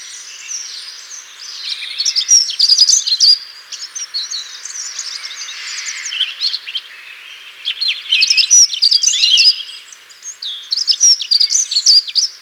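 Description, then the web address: Dunnock song: quick, high, jangling warbles in several bursts of about one to two seconds, with quieter twittering between phrases. "dunnock song and calls"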